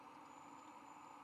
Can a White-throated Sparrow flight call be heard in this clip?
no